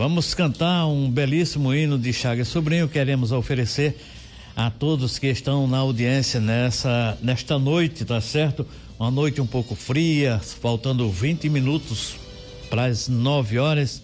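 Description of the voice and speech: A man speaks Portuguese fluently in a clear, steady, mid-pitched voice, introducing a hymn to an audience; ordinary speech.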